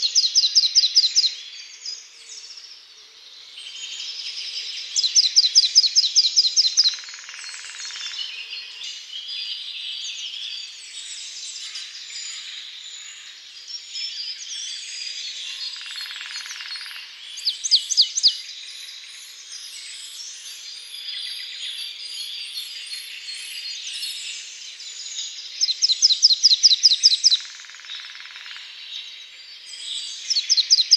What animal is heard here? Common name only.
Marsh Tit